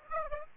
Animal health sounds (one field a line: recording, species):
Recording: mosquito wingbeat signal from an infrared sensor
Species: Aedes aegypti